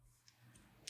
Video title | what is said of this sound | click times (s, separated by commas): How To Dissasemble and Reassemble a Stickerless Speedcube | so it's like that that doesn't click on because the screw isn't full again | none